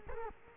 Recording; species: mosquito wingbeat signal from an infrared sensor; Culex quinquefasciatus